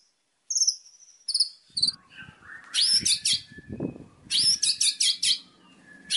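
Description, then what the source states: White-rumped shama: songbird giving whistled notes, then dense bursts of rapid chattering phrases, with low rumbling background noise between them. Master recording of song used for training birds.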